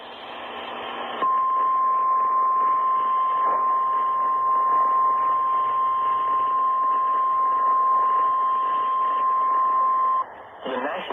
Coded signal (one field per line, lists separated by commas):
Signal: Emergency Alert System (SAME) tones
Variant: 1050 Hz attention tone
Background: speech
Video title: EAS #832 Severe Thunderstorm Warning on WLAC